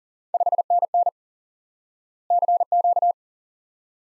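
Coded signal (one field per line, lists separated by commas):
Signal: Morse code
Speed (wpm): 40 wpm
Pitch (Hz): 700 Hz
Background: none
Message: 5NN CQ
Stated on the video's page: Morse lesson teaching the QSO element 5NN by instant word recognition; speed is fast.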